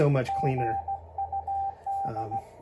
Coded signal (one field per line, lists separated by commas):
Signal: Morse code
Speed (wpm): 16 wpm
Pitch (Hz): 790 Hz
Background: speech, radio noise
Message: GUD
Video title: Kenwood TS-520S Best Dual CW Filter Modification